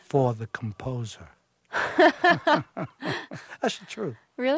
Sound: laughter